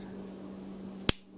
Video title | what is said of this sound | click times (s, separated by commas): Leatherman Juice S2 Quick review | it pops into place pretty positive and it's not a | 1.1 s